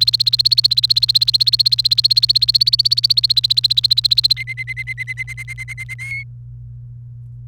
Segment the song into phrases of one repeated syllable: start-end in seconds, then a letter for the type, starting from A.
0.00-4.33 A, 4.37-5.94 B, 5.99-6.23 C